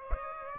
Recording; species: mosquito wingbeat signal from an infrared sensor; Aedes aegypti